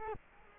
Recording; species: mosquito wingbeat signal from an infrared sensor; Culex quinquefasciatus